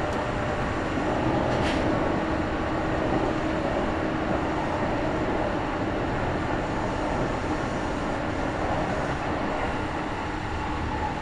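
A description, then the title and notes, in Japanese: A local train on the Kintetsu Nagoya Line rolls along with a dense, steady rumble that stays at an even loudness throughout. A faint constant hum runs underneath, and a brief bright hiss cuts in just before the two-second mark. 近鉄名古屋線 普通 近鉄名古屋→蟹江。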